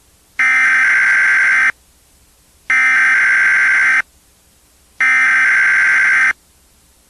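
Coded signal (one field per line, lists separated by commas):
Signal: Emergency Alert System (SAME) tones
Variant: header bursts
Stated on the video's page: Fictional creepy EAS scenario made as an inside joke; simulated alert.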